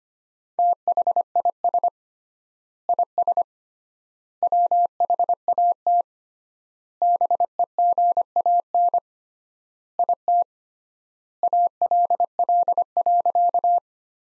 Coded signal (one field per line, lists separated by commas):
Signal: Morse code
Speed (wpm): 25 wpm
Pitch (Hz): 700 Hz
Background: none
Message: THIS IS WHAT BEGAN IT ALL.